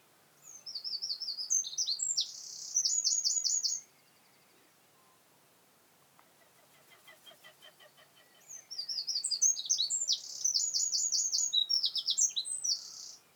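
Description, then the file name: Eurasian wren giving two bursts of song, each a rapid run of high trilled notes, separated by a pause with faint background sound. "Troglodytes troglodytes"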